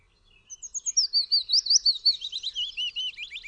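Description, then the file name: Willow warbler song: one phrase of sweet, slurred whistled notes that begins high and slides gradually downward over about three seconds, against a quiet background. "PIECUSZEK"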